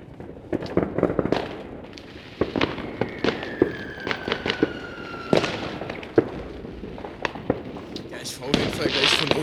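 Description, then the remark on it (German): A firework battery that someone bought goes off in a rapid series of sharp bangs and crackles, with a few whistling streaks rising between bursts, while people talk over it. “Ah, guck mal, da hinten hat eine Batterie gekauft. Da, jetzt geht's ab.”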